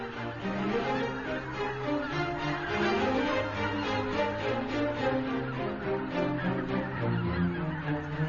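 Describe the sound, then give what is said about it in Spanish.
A large flock of geese on receded waters, where they spend the night, honks continuously, many overlapping nasal calls forming a dense, steady clamor with no pauses and no voices. “Los gansos pasan la noche sobre aguas decrecidas, donde se sienten a salvo.”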